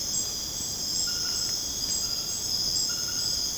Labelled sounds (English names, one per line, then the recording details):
none
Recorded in dense forest near Puerto Asís, Putumayo, Colombia, on 30 June 2025 at 21:30
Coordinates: 0.486, -76.317
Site G065